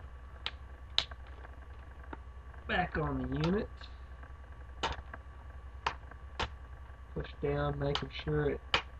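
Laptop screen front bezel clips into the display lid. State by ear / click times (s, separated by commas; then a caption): not seated / none. Someone talks while the plastic front bezel of a Dell Inspiron 1545 laptop screen is handled and pushed down onto the display lid, with sharp taps and clicks of the plastic over a steady low hum. The bezel's clips have not snapped into place yet; nothing has seated.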